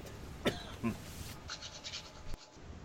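Two quick, harsh coughs from an adult man in close succession, over faint background hiss.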